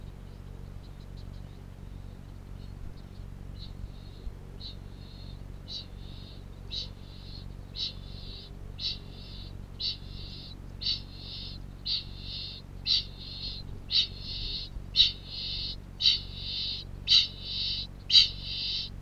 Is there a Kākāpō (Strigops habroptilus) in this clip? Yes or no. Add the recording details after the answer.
yes. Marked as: faintness 5/5, faintness 3/5, faintness 2/5. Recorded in New Zealand. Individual Piripi